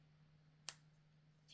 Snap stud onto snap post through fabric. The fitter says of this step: They kind of click into place. Did you hear that?